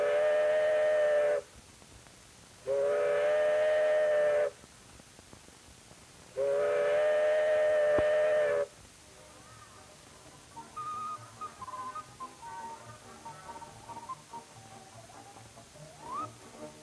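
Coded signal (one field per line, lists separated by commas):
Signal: whistle signal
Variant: steam traction engine whistle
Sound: three long steam whistle blasts with short gaps, then quieter background sounds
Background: faint machinery and hiss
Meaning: Calls the water wagon to hurry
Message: 3 long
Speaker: water wagon to hurry three long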